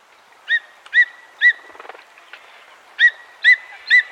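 Bird calling with short, clear chirps in two sets of three, about half a second apart, with a faint buzzy rattle in the pause between.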